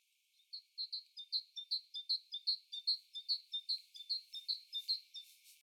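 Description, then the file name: Great tit giving rapid, regular high-pitched chirps in paired notes, about two and a half per second, with soft hiss rising toward the end. "Parus major"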